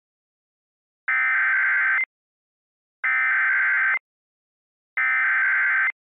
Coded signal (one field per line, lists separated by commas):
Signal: Emergency Alert System (SAME) tones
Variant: header bursts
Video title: [OLD] EAS Mini Scenario - Fusion Reaction